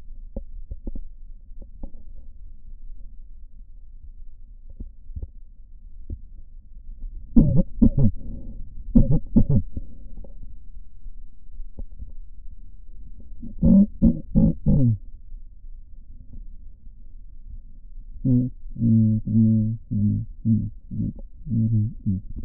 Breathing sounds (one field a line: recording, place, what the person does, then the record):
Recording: lung sounds by stethoscope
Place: right posterior apical chest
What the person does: quiet breathing, then cough and speech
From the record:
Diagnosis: none (healthy)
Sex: male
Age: 30 years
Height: 190 cm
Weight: 88 kg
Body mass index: 24.4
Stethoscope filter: diaphragm mode